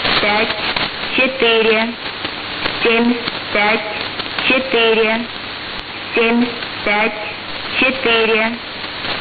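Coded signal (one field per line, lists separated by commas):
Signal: numbers station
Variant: S06s, Russian female voice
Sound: a woman's voice reading short words at a steady pace through heavy static hiss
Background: radio static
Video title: 16 07 2019 S06s Russian Lady numbers station in Russian to Eu 1110 on 7560 unknown tx site USB+AM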